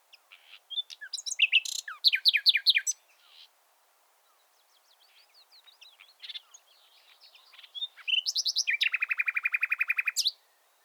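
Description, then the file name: Common nightingale song: bursts of varied rapid notes, quiet scattered notes, then a long fast rattling trill of repeated notes. "Luscinia megarhynchos"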